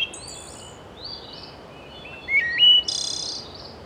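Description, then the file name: A bird gives a short whistled, slurred phrase near the end, followed by a brief rapid stutter, against steady hiss. "Zarobi - Beautiful Bird Song"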